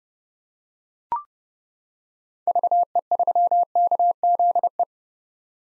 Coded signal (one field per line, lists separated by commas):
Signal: Morse code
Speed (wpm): 30 wpm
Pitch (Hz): 700 Hz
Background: none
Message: VE3KZE